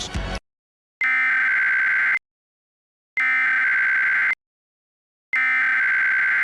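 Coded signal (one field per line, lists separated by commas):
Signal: Emergency Alert System (SAME) tones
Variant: header bursts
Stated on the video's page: Mock EAS alert described as containing real valid tones; simulated, not a real broadcast.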